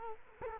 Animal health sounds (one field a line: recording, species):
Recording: mosquito wingbeat signal from an infrared sensor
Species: Culex quinquefasciatus